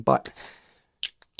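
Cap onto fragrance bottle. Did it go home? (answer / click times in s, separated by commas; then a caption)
yes / 1.0 s. A plastic cap is pressed back onto a fragrance bottle and seats with a sharp, loud click at 1.0 s, followed by two fainter ticks. Someone talks briefly at the start. The cap is confirmed clicked into place.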